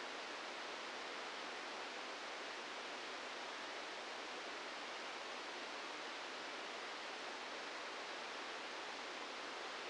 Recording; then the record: brain microelectrode recording played as sound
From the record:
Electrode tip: outside the subthalamic nucleus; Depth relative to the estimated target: 2 mm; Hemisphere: left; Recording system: NeuroSet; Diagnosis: Parkinson's disease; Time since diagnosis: 15 years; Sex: female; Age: 59 years